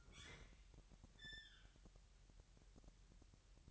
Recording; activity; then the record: daily activity, microphone in the room; open fridge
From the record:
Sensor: 3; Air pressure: 1001.9 hPa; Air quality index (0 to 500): 242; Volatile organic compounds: 46 ppm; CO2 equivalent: 3244 ppm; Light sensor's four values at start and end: 12/36/16/13 and 12/36/16/13